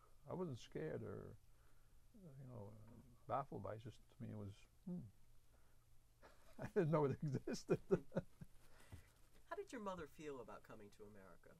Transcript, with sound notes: I wasn't scare or, you know, baffled by it. It's just, to me it was, (he laughs) I didn't know it existed.
How did your mother feel about coming to America?